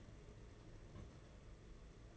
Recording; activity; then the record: daily activity, microphone in the room; place on stove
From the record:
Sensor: 4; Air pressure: 992.7 hPa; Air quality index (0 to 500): 175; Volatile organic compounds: 326 ppm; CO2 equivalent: 4536 ppm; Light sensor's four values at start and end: 4/10/4/4 and 4/10/4/4